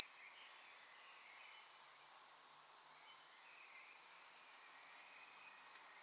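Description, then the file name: Eurasian blue tit song: the end of one rapid trill, a pause, then two thin high notes sliding down into a long, even, fast trill. "Cyanistes caeruleus"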